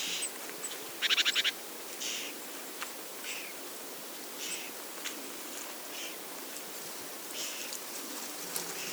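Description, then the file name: Eurasian wren rattling call, one loud dry buzzy churr early on, followed by fainter short rattles and ticks against a steady hiss. "Troglodytes troglodytes"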